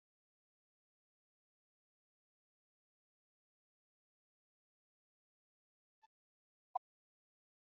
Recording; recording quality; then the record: shallow breathing; poor, much background noise or distortion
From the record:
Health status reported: COVID-19 positive, mild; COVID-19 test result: positive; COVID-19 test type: RT-PCR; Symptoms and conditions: cough, cold, fever, hypertension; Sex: male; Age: 65 years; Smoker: no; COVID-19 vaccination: both doses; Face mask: worn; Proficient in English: no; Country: India